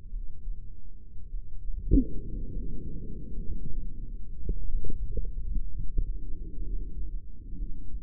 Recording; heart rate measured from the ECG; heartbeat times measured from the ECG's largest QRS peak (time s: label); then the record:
heart sounds by microphone in the right ear; 56 bpm
0.05 s: heartbeat
1.25 s: heartbeat
2.46 s: heartbeat
3.27 s: heartbeat
4.50 s: heartbeat
5.56 s: heartbeat
6.57 s: heartbeat
7.53 s: heartbeat
From the record:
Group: heart failure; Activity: breath hold 0-5 s, rest 5-8 s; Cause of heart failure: dilated cardiomyopathy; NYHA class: 3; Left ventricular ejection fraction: 27%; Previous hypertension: present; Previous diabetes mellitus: present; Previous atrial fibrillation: present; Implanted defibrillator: present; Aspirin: present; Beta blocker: bisoprolol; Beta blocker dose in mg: 1.25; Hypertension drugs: sacubitril-valsartan, spironolactone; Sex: female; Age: 39 years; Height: 170 cm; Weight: 64 kg